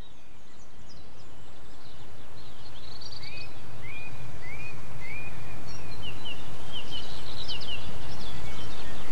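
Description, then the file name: Birdsong: a run of short, rising whistled notes repeated roughly every half second, with other high chirps around them, over a low steady rumble. Birdsong excerpt from 8 April 2007, on a MiniDisc recorder. "Chants d oiseaux 8 04 07 extrait"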